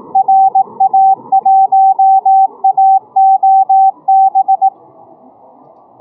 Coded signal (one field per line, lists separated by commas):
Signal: Morse code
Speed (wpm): 18 wpm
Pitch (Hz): 770 Hz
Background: none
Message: RA1AOB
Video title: Morse code contest simulator, Morse Runner,HL1LUA 20131122